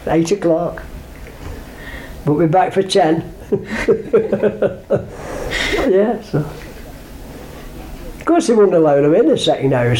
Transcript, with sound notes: Eight o'clock! "But be back for ten!" [laughs] Yes. 'Course, they wouldn't allow them in the second house.